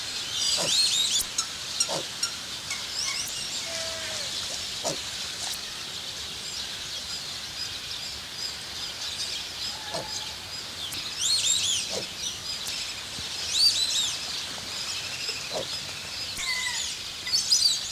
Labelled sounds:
Kori Bustard call

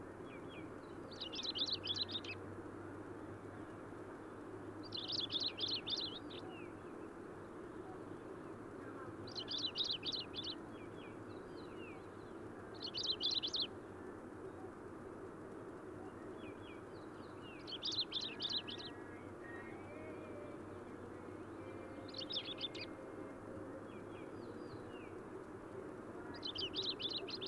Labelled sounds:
Long-tailed Rosefinch song

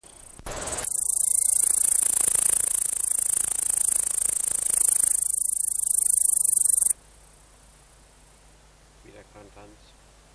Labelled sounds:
Upland Green Bush-cricket stridulation

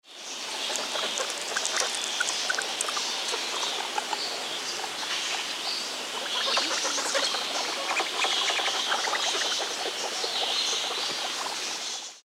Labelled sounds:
Brazilian Guinea Pig

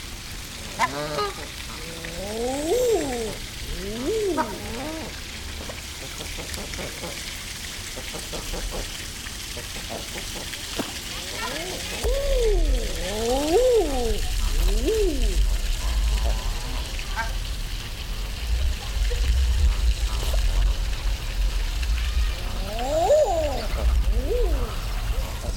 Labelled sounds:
Mallard call

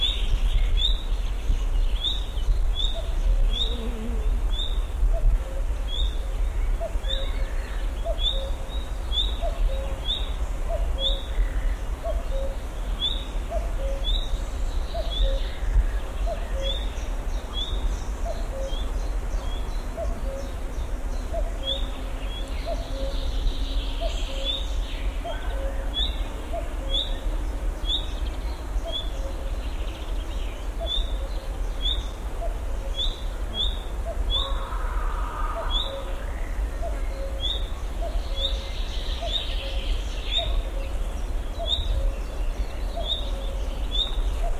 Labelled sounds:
Common Nightingale alarm call

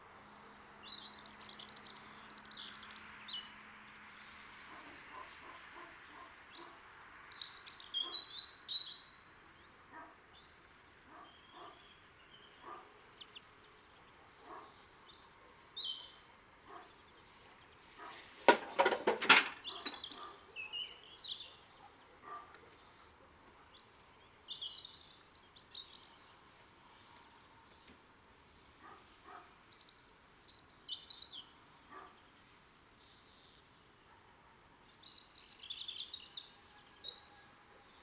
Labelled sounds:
European Robin song

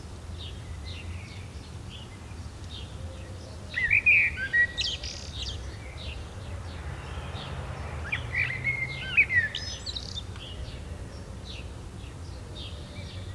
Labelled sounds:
Common Blackbird song

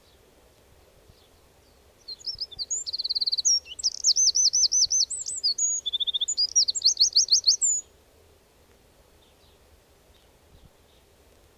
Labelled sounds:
Eurasian Wren song

